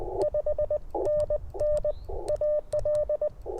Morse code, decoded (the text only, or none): 5NN AL